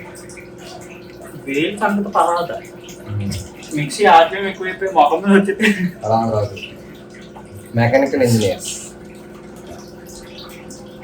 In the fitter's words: మామూలు mechanical engineer lock అవ్వట్లేదు friends.